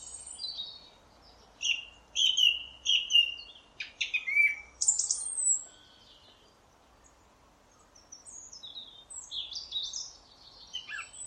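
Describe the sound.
Song thrush song of sharp whistled notes repeated several times in quick succession, then thinner high phrases after a pause.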